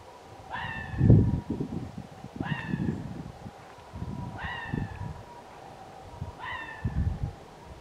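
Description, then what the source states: Red fox uttering four hoarse, falling barks at regular two-second intervals, accompanied by low thumping background noise. Recorded 29 January 2024.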